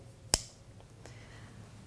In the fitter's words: algún momento deberá oír un clic